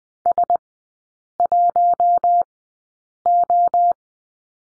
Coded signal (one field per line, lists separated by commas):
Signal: Morse code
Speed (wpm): 20 wpm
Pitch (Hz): 700 Hz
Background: none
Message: S1O